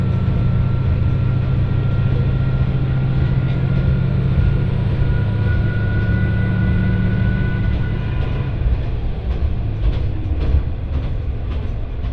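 A train runs along the Etsumi-Hoku Line from Hakariishi toward Fukui, with a steady, heavy low rumble throughout. A thin whine rides above it, and after about eight seconds the sound grows rougher, with faint clacks and rattles from the rails.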